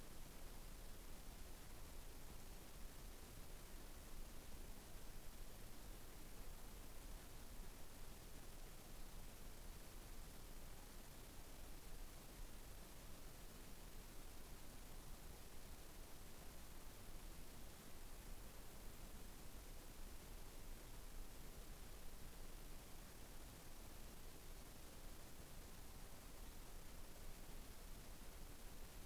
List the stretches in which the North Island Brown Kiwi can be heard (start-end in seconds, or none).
none